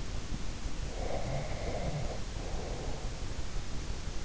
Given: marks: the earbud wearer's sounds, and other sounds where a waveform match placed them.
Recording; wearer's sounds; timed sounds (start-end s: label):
sounds in sleep by an in-ear microphone; breath
0.86-3.38 s: breath